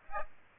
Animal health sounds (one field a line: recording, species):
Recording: mosquito wingbeat signal from an infrared sensor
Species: Aedes aegypti